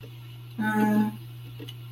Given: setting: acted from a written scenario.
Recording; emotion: vocal sound without words; neutral